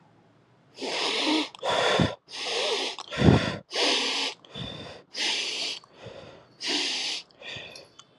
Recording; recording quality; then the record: shallow breathing; excellent, no background noise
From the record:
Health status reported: COVID-19 positive, mild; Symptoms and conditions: cough, cold, sore throat, fever, fatigue, muscle pain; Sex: male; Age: 25 years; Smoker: not ticked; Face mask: not worn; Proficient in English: yes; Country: India